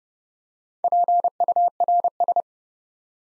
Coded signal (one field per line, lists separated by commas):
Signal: Morse code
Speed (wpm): 30 wpm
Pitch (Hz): 700 Hz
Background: none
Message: PURS